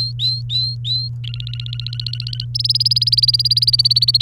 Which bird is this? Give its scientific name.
Serinus canaria